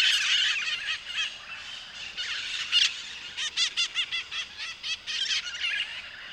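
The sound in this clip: Bird calls: raspy squawks at first, then a run of short, evenly repeated harsh notes, ending in a busier burst.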